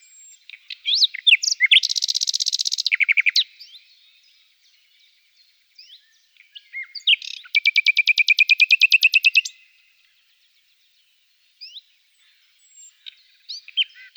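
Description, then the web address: Common nightingale delivering a dense buzzy rattle, a quiet gap with scattered notes, then a long rapid mechanical trill lasting about two seconds, and sparse notes after. "agykontroll CD 3-A természet hangjai - Fülemülék"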